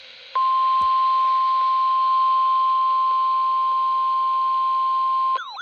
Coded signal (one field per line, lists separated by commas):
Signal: Emergency Alert System (SAME) tones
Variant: 1050 Hz attention tone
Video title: EAS Alerts From 7/5/26: A Compilation (EAS 1246-1255)